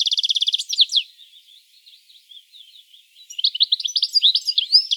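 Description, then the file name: European goldfinch with a quick rippling trill and sweeping chirps, a quiet stretch of soft twitter, then lively tinkling chatter resuming. "Carduelis carduelis"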